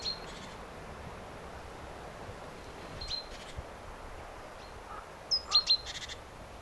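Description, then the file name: Great tit call: faint high notes early on, then one clear thin whistle followed by rasping churr notes near the end, over constant low background noise. "Parus major"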